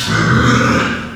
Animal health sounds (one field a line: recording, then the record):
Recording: squeal of a Yucatan mini pig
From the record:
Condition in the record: after surgery on the right vocal fold (resection and tissue-engineered implant)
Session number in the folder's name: 11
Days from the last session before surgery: 98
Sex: female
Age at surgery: 19 weeks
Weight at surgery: 25 kg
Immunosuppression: prednisolone